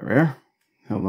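A graphics card is handled over a motherboard PCIe slot while someone talks briefly, pauses in silence, then talks again. The card has not yet been pushed home, so nothing has seated and the slot's retention latch has not clicked yet.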